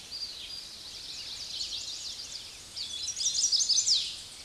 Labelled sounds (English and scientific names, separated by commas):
Chestnut-sided Warbler (Setophaga pensylvanica) song